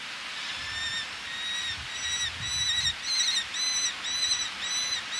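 Eleonora's falcon giving a steady string of scratchy, arched 'kyee' notes, roughly two per second, over a soft background hiss.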